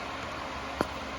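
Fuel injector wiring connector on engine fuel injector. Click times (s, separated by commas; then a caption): 0.8 s. The latch clip on a plastic wiring connector is pressed down to unlatch it from a fuel injector on a 5.7 Hemi Jeep Grand Cherokee WK2 engine. One sharp click sounds at 0.8 s over a steady low hiss, and the noise rises slightly near the end. The connector latch releases.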